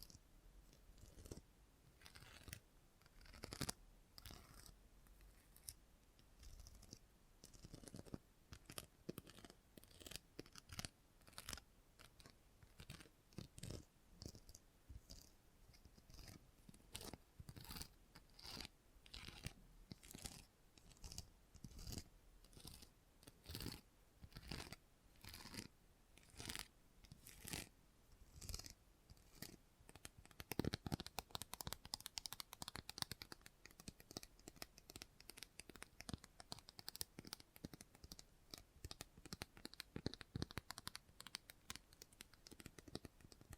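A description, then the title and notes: Scissors snip in quick, irregular bursts of sharp clicks throughout, growing busier and louder after thirty seconds, with a soft hiss underneath. Salon Haircut Head Massage, Scissors and Clipper.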